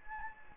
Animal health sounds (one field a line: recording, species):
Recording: mosquito wingbeat signal from an infrared sensor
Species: Anopheles gambiae